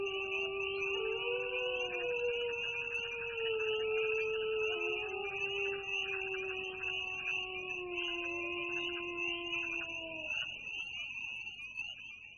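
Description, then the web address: Wolf: wolves howling in chorus, several drawn-out wails overlapping and sliding down and up, with a steady high drone behind. "sons loups"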